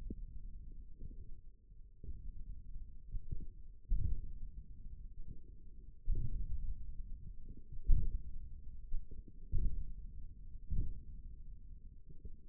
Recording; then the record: forearm muscle sounds (acoustic myography)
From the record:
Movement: hook grip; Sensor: system 1, eight BSWA MPA416 microphones around the upper forearm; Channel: 2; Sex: male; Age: 28 years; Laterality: right